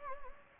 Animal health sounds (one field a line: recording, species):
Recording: mosquito wingbeat signal from an infrared sensor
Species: Anopheles gambiae